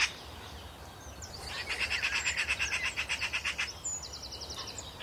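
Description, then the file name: Eurasian magpie giving a rapid, harsh rattling chatter of evenly repeated dry notes for about two seconds, followed by a short burst. "Pica pica"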